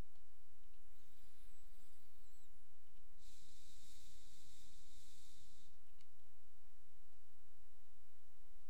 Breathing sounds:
nose breathing near a microphone
0.66-2.86 s: inhalation
2.86-5.91 s: exhalation
From the record:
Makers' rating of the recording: medium

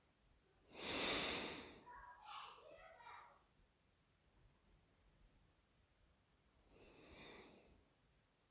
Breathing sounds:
nose breathing near a microphone
0.00-0.45 s: inhalation
0.45-1.75 s: exhalation
4.26-6.39 s: inhalation
6.39-7.83 s: exhalation
From the record:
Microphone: phone

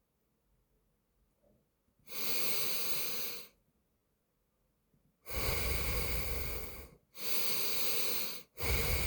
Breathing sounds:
nose breathing near a microphone
1.76-3.46 s: inhalation
4.81-6.81 s: exhalation
6.81-8.31 s: inhalation
8.31-9.06 s: exhalation
From the record:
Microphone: phone

